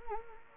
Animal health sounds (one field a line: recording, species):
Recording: mosquito wingbeat signal from an infrared sensor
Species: Anopheles gambiae